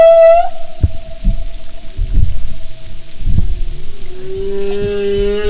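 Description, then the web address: Humpback whale tones: a steady mid-pitched note falling away, low knocks, then a lower tone that slowly rises to a held hum. "Marine Mammals humpback"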